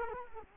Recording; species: mosquito wingbeat signal from an infrared sensor; Culex quinquefasciatus